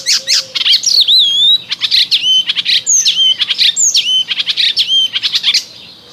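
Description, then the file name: Icterine warbler song, a fast unbroken medley of high chattering notes, sharp clicks and slurred whistles that rise and fall, filling most of the stretch before quieting at the end. "Zaganiacz"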